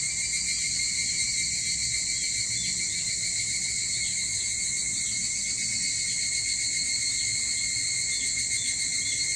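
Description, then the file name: Evening cicada, an unbroken metallic pulsing drone in high registers, rapid and even from start to finish. Recorded 22 July 2023 at 04:40. "higurashi 230722 0440"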